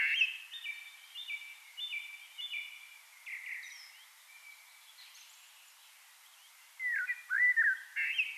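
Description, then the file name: Eurasian blackbird song: soft repeated whistled notes at first, a quiet stretch, then a louder mellow warble near the end over a hissy background. "Turdus merula"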